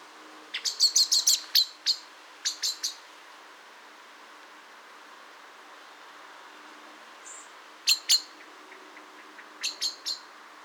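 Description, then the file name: Common blackbird giving sharp, clicking chink notes in quick bursts of several, pausing between groups, over a steady background hiss. "Turdus merula"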